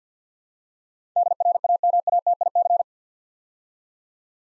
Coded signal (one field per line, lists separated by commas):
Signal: Morse code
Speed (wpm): 50 wpm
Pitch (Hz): 700 Hz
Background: none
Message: DRAMATIC